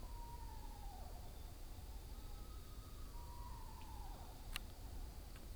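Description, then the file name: Screech owl whinnies: three faint falling calls over a hissy background, with a brief click. Several screech owls calling together. "multiplescreechowls"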